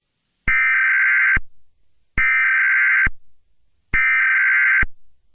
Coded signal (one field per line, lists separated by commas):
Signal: Emergency Alert System (SAME) tones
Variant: header bursts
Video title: EAS Scenario #5 - Time Goes Forwards (ALT ENDING)